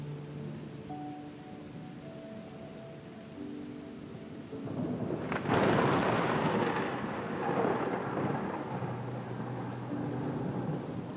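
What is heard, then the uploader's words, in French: A soft melody of gentle sustained notes plays over a low hiss for the first few seconds. Around the fifth second a wave surges in, rushing and fizzing loudly for several seconds, then eases back as the melody's notes faintly return near the end. VAGUES et MUSIQUE Apaisantes. Les vagues caressantes et la mélodie enchanteresse.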